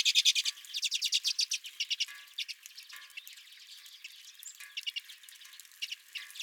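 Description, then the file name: Redpoll calls, a quick run of dry chattering notes at first, then softer scattered twitters. Several redpolls at the recordist's own feeder. "Redpolls at My Feeder"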